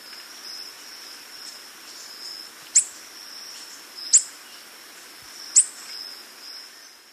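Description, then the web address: Metallic-green tanager giving sharp, very high thin chips about every one and a half seconds over a steady, shrill insect drone. Recorded in Ecuador. "S America Birds of Ecuador. Metallic-green Tanager"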